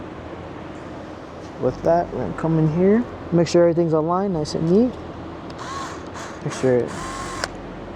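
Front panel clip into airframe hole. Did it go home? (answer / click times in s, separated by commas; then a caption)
yes / 7.4 s. A front panel clip on a Talos T60X I drone is pushed into an empty hole in the airframe during arm assembly while someone talks. A sharp click at 7.4 s marks the clip snapping into the hole and seating.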